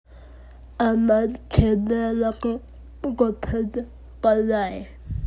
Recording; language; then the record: elicited speech; Bengali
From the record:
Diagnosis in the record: Broca's or global aphasia after a stroke